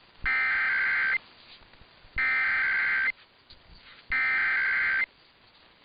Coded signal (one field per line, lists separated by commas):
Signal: Emergency Alert System (SAME) tones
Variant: header bursts